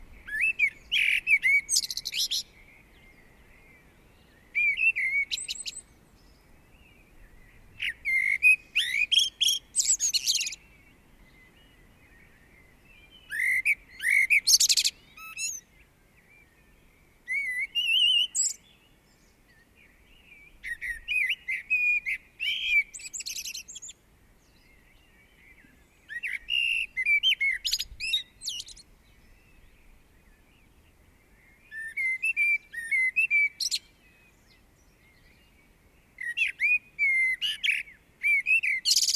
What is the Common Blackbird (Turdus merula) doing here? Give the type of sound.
song